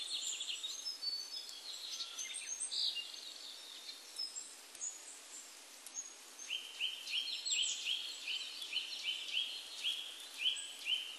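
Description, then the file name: Willow tit calls: scattered high thin notes at first, then a steady series of short, slightly falling notes repeated about twice a second over a faint hiss. Recorded 12 April 1998. "980412 kogara"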